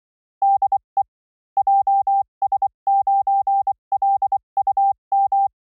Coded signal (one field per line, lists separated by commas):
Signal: Morse code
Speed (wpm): 24 wpm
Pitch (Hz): 790 Hz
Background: none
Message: DE JS9LUM